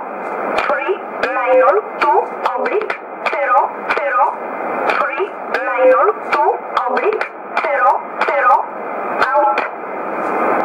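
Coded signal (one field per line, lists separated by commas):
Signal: numbers station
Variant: E11 Oblique, English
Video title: 04 03 2015 Numbers station E11 1707 on 10213 USB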